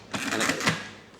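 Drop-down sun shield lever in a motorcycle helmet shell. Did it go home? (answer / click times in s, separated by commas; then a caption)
no / none. The side lever of the drop-down sun shield on a carbon fiber full-face motorcycle helmet is worked through its positions. A series of short, bright mechanical clicks and rattles fills the middle of the clip. Nothing has seated or clicked home yet.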